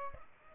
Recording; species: mosquito wingbeat signal from an infrared sensor; Aedes albopictus